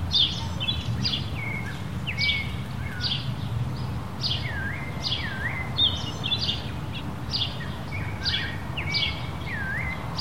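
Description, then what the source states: Birds repeat swooping whistled notes that dip and rise, alongside regular bursts of high chirps, with a steady background of wind. Countryside in Mexico, daytime, windy conditions.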